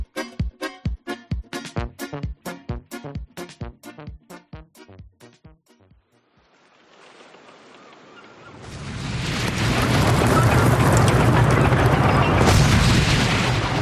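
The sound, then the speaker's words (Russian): A volley of cannon fire amid gunpowder smoke before a boarding action: around seventeen sharp booms in quick succession that gradually slow and soften, followed by a swelling, loud, sustained roar with no voices. “Перекрикивая звон в ушах после пушечного залпа, рявкнул капитан.”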